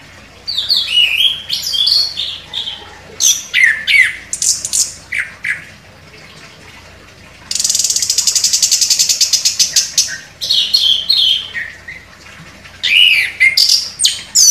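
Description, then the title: Orange-headed thrush song of varied high whistles and chirps. A long, harsh, buzzy rattle of rapidly repeated notes runs through the middle, then more whistled phrases follow. Indonesian title describes the bird as gacor, singing vigorously. "Anis Kembang Gacor"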